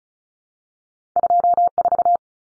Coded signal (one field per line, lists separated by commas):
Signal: Morse code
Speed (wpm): 34 wpm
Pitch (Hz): 700 Hz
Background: none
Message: 24